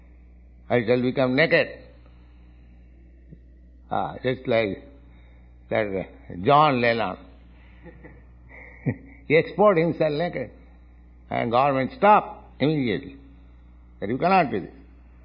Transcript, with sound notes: I shall become naked..." Just like that John Lennon. [chuckling] He exposed himself naked, and government stopped immediately, that "You cannot do this."